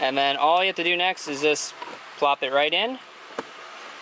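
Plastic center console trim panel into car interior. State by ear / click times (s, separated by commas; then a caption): seated / 3.4 s. Someone talks while a plastic center console trim panel is flopped into position in a car interior and pressed down. A single short, sharp click is heard at 3.4 seconds as the trim piece seats into place.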